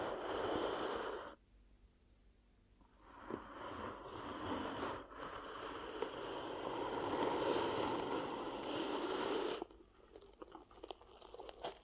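Ear cupping sounds: dense, muffled rustling and soft crinkly rubbing that swell and fade in long stretches. A loud burst opens, then a near-silent gap around two seconds, a long sustained rush until about ten seconds, and quieter scattered rustles at the end.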